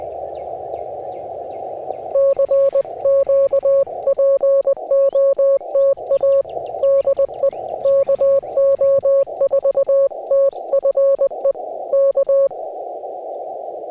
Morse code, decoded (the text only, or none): CQPOTA DE KO4TFE K